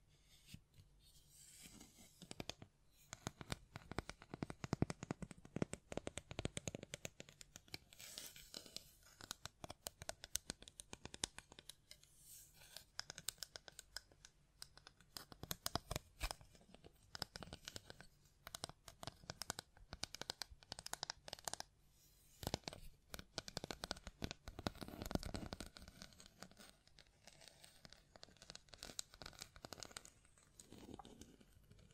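Dense, irregular tapping, scratching and brushing with hand sounds, sharp clicks clustering in bursts and crinkly rustles filling the gaps throughout.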